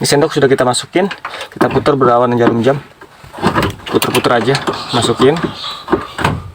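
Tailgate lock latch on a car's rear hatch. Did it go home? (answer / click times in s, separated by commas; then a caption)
released / 6.2 s. A spoon is inserted from inside into the tailgate lock latch of a Chevrolet Spin's rear hatch, which won't open, and turned counterclockwise while someone talks. Scraping and rattling sounds come from the lock as it is worked, then a click at 6.2 s shows the lock has released and the tailgate is no longer locked.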